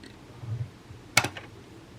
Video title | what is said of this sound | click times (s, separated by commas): How to load a Drop in Bobbin or Top loading bobbin machine | push it into place so that you can hear the little click | 1.2 s